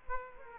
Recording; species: mosquito wingbeat signal from an infrared sensor; Culex quinquefasciatus